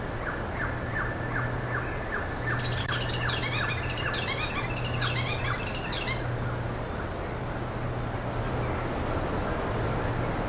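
Bird calls: repeated downslurred notes through the first half, overlapped by a burst of high jumbled twittering, all over a noisy low hum.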